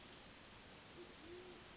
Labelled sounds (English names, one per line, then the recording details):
Band-tailed Pigeon
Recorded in Sonoma County, California